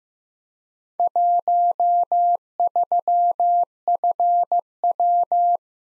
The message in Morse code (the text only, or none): 13FW